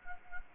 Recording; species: mosquito wingbeat signal from an infrared sensor; Anopheles gambiae